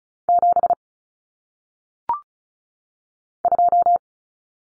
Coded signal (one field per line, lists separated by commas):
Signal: Morse code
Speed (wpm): 36 wpm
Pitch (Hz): 700 Hz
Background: none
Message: 7 2